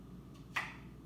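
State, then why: Released. A vacuum-sealed metal cap on a glass jar of sun-dried tomato sauce is twisted open against a low background hum. A single sharp pop is heard at 0.6 s as the vacuum seal releases, showing the seal was intact.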